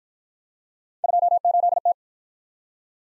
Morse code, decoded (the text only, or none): 28T